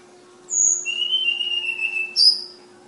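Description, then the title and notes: Flowerpecker song: a high whistled note, then a long thin whistle sliding slowly downward, ending with a sharp high note. Tledekan (sulingan) bird named Ababil, from Kudus. "Tledekan/Sulingan ABABIL. Suara Burung Tledekan Ababil dari Kudus"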